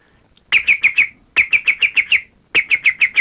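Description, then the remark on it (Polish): A person imitates a green woodpecker's call to invite the bird to come to him: three loud, ringing bursts of rapid, evenly spaced high notes, each run of four to six yelping calls separated by short pauses. “Najbardziej udaje mi się dzięcioł zielony.”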